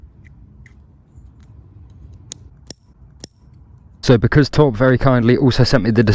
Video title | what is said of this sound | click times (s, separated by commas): x2 Powered Surron Light Bee X(2023) - Torp TC500 Installation & First Ride!!! | really important that you hear them click into place meaning that they are locked in and they won't come unplugged while you're riding the bike | 2.3 s